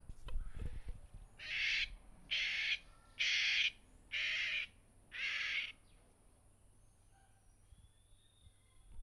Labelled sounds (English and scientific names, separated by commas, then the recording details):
Clapperton's Francolin (Pternistis clappertoni)
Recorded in northern Uganda